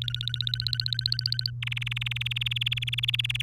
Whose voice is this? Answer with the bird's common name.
Domestic Canary